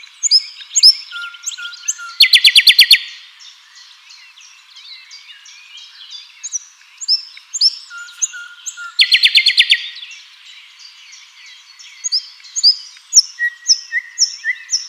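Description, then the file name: Common nightingale song, soft fluty notes and chirps broken by two loud rattling trills, one early and one about seven seconds later. "Luscinia megarhynchos"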